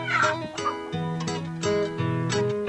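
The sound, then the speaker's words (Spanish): A hen clucks in a string of short, nasal, harmonic bursts that shift in pitch, fairly loud and continuous with no talking. “La gallina había puesto huevos muy extraños.”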